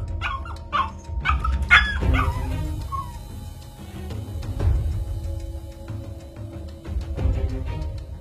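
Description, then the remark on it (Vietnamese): A dog yelps in pain after a knife is thrown at it, in a quick burst of five or so high, sharp cries, then lets out a brief whine before fading into a low, rumbling background with scattered thuds. “Tôi tung con dao của bác Thành về bên ấy, chỉ nghe những tiếng kêu ăng ẳng vang lên.”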